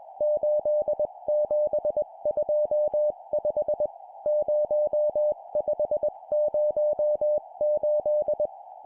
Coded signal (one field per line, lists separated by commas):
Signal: Morse code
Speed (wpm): 21 wpm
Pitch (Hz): 600 Hz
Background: none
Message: 8725 0508